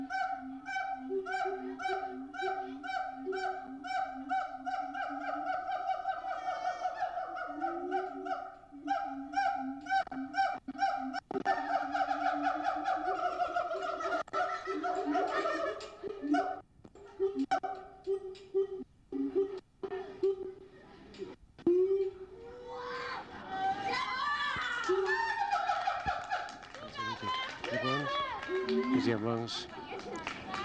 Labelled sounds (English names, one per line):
Siamang